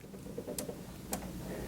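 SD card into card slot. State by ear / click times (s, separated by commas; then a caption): seated / 0.6 s, 1.1 s. A firmware SD card is pushed pin side up into a spring-loaded card slot until it latches. Two short, sharp clicks sound at 0.6 s and 1.1 s over a low background hum, and the card is seated.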